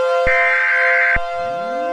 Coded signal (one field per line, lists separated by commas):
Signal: Emergency Alert System (SAME) tones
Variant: header bursts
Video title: EAS Scenario #38: Minecraft Attack